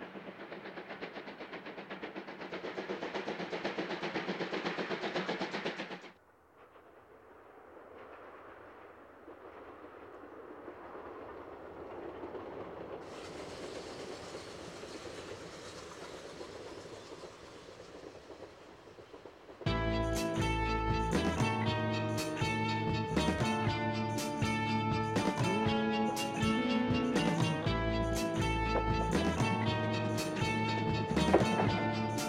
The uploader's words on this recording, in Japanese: 真岡鐵道を走る「SLもおか」2005年春の映像です。